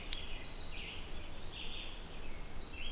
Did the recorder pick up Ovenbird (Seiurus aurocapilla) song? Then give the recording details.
no. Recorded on 20 June 2016 at 12:20. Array SBT-6-76